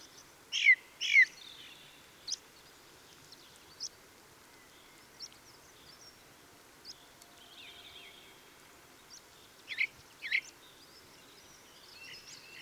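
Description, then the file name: Ring ouzel song: a pair of loud descending piping notes at the start and another pair near the end, with scattered faint calls of other birds between. Song recorded 26 April 2014. "Ringdrossel. Michle Pron"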